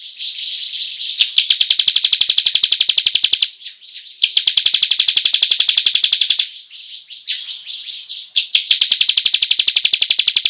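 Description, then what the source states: Bar-winged prinia delivering long, fast, evenly rolling trills, three extended bursts of high buzzy notes with brief gaps between them. Long rolling song style, locally called ngerol panjang.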